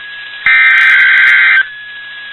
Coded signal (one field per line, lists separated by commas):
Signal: Emergency Alert System (SAME) tones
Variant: header bursts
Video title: If you like EAS Tests, this is the video for you. (EAS 651-666)